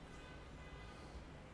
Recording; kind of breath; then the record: one breath in and out by a microphone near the nose and mouth; normal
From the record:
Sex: male